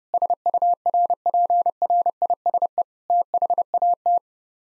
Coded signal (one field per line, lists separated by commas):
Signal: Morse code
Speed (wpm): 30 wpm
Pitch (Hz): 700 Hz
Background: none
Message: SURPRISE THAT